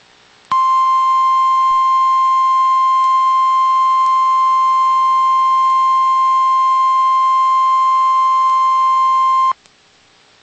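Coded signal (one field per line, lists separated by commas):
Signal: Emergency Alert System (SAME) tones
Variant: 1050 Hz attention tone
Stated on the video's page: Required weekly test heard on weather radio station.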